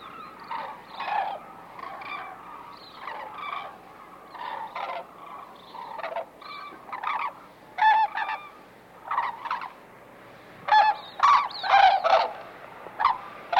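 White-naped crane trumpeting calls, loud honks in a dense irregular series, louder toward the end.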